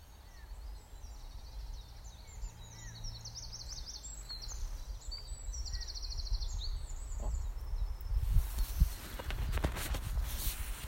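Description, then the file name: Bird song: high, rapid trilled and chattering phrases over a steady low rumble, then rustling toward the end. Meadow birdsong recorded during lockdown. "Lockdown Meadow Birdsong 04"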